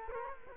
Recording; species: mosquito wingbeat signal from an infrared sensor; Culex quinquefasciatus